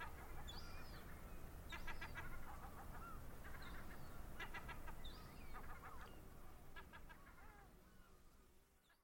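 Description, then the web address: Gull cries, short bursts of rapid yelping notes over a steady deep rumbling background that fades toward the end. Coastal village. "seagull coastal village"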